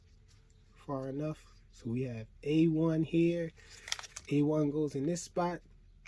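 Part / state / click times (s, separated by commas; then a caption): drone arm into drone body socket / not seated / none. Someone talks while handling the plastic arm A1 of a SYMA X440 modular stunt drone, lining it up to be pushed into its socket on the modular drone body. Only faint handling noises are heard between the speech. Nothing has seated or clicked yet.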